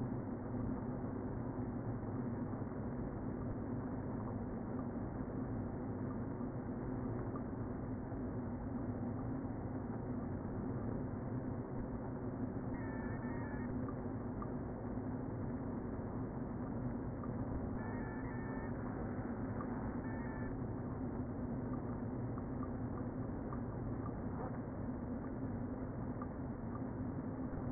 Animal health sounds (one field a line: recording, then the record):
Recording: honeybee colony, microphone inside the hive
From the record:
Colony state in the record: queen present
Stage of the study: before two queens were removed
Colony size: about 60,000 bees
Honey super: yes